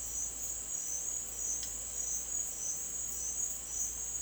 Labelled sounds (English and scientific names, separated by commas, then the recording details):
none
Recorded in secondary vegetation near Puerto Asís, Putumayo, Colombia, on 23 June 2025 at 09:00
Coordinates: 0.499, -76.323
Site G077